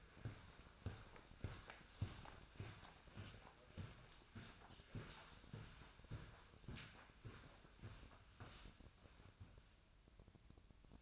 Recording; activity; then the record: daily activity, microphone in the room; walk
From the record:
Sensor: 2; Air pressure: 1009.2 hPa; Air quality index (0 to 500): 179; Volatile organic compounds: 2 ppm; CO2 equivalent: 1305 ppm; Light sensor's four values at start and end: 49/127/54/60 and 47/122/53/58